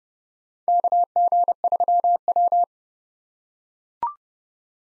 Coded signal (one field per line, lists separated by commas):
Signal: Morse code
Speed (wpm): 30 wpm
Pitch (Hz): 700 Hz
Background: none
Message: KG3W